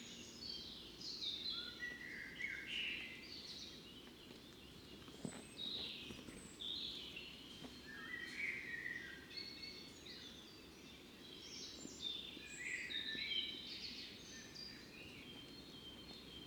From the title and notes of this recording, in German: Der Morgen vor dem Fuchsbau. Anders als in der Lehmgrube wachen hier die Vögel zu unterschiedlichen Zeiten auf. Auch dies ist eine Kunstkopfaufnahme, die mit Kopfhörern deutlich eindrucksvoller klingt.